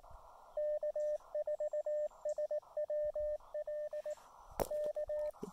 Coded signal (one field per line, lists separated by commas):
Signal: Morse code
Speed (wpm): 18 wpm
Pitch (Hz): 590 Hz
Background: radio noise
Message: K4SWL K